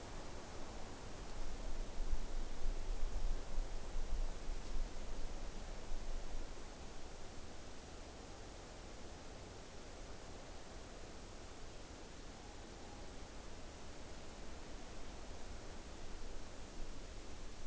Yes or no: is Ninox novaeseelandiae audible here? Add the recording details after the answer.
yes. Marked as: faintness 5/5, faintness 4/5, faintness 3/5. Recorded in New Zealand on 29 April 2014. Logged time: 02:19. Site Ponui